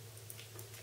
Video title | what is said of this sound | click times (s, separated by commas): HTC One S unboxing and first impressions video | there we go clicks into place and then we put this back on there we go and uh | 0.3 s